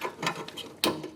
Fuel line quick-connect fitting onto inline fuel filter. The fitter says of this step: like that, so you hear a click.